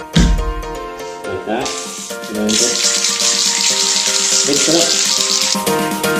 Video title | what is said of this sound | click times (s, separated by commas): How To Fix Your Own Bumper - Spray Paint & Body Filler | then push it down to the ground until you hear a pop. Like | 0.2 s